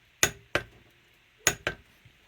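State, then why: Torque reached. A click-type torque wrench is pulled on a bolt until it reaches its set torque, giving a sharp metallic click at 0.2 s and again at 1.5 s. Each is followed by a second, quieter click about 0.3 and 0.2 seconds later. The wrench clicks at its setting both times, confirming the bolt is torqued.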